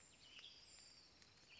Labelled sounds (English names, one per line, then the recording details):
Western Tanager
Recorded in Sonoma County, California